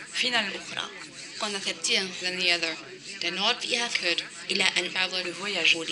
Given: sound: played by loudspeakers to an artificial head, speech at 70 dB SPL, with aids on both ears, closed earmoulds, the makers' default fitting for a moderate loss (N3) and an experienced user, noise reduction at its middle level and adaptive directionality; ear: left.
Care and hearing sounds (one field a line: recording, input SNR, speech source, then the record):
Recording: speech test signal (ISTS) in cocktail-party noise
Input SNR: +6 dB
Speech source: in front (0 degrees)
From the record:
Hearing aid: class 1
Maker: B